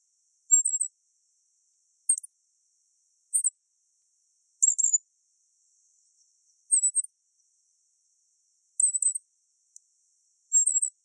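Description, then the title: Black-masked finch repeating thin, high buzzy notes, about seven short phrases in steady succession every second or two, with nothing else audible. "LuckyPassaro Completos2Sama. Black-masked Finch (Coryphaspiza melanotis)"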